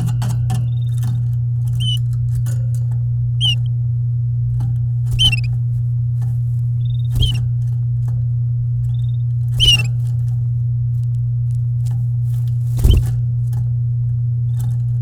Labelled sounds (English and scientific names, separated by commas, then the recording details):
Domestic Canary (Serinus canaria) song
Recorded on 9 May 2018 at 10:30
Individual llb16